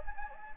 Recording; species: mosquito wingbeat signal from an infrared sensor; Anopheles gambiae